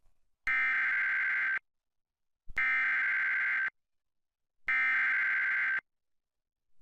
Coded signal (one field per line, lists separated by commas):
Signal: Emergency Alert System (SAME) tones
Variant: header bursts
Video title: FOX56 EAS During "Maury Show" (6/19/17)